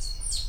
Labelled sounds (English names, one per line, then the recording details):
Stitchbird song
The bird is a male
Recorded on Tiritiri Matangi Island, New Zealand, in 2005
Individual 7, of nest box 9